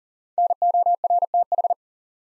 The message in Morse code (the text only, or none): NORTH